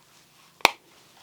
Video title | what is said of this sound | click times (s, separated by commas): Snap On Tool Replacement Experience at Last Best Tool | You hear that? Nice solid snap. | 0.7 s